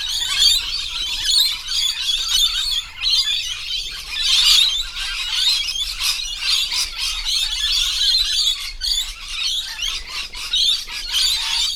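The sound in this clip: Lorikeets in a steady chorus of shrill, buzzy screeches, a dense, unbroken wall of chattering calls with occasional louder peaks.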